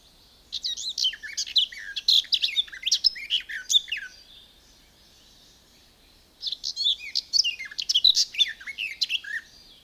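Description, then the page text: Garden warbler song: two long bursts of rapid warbling, the first about three and a half seconds long, the second after a pause of about two seconds. "Звуки птиц - Садовая славка"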